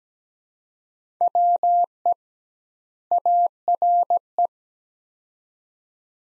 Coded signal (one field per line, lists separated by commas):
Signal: Morse code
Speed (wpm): 17 wpm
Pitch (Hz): 700 Hz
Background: none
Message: WE ARE